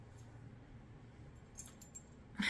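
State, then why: Not seated. A plastic piece of a plant accessory, possibly a support or pulley part, is pressed against its mating slot, giving a few faint plastic taps near 1.6 s and 1.8 s over a low steady hum. A louder rustling scrape follows at about 2.4 s. The piece does not snap in, and nothing has seated or clicked yet.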